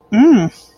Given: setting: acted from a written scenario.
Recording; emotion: vocal sound without words; disgust